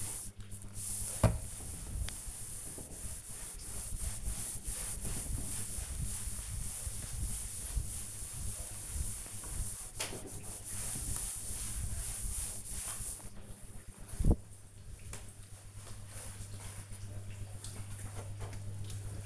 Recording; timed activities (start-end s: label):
household activities, microphone on the right wrist
0.00-13.64 s: cleaning table